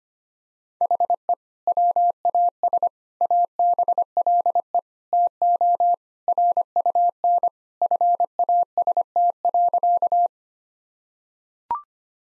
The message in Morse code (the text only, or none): HE WAS ABLE TO RUN FAST.